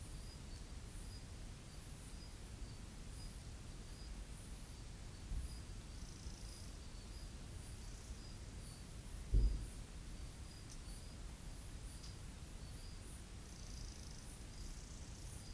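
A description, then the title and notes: A summer night in the bush, with a thin, steady layer of insects chirping high and bright, pulsing in regular bursts throughout. A low, constant rumble sits underneath, and a single soft thump sounds about two-thirds of the way through. It's a summers night in the bush on Ngarigo land. The summer hum of cicadas and crickets.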